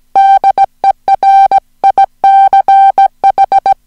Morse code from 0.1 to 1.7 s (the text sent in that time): DER